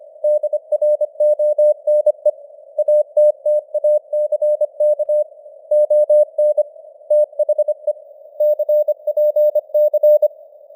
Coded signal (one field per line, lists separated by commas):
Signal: Morse code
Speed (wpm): 25 wpm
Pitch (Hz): 600 Hz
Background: none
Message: DRONE ATTACK ON THE CPC